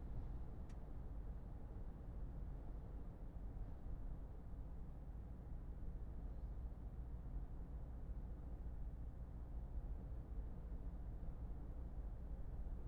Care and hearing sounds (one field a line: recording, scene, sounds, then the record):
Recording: everyday scene through a hearing-aid microphone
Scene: in a vehicle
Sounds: engine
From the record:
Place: Berlingo II, diesel engine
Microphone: behind the ear, left, front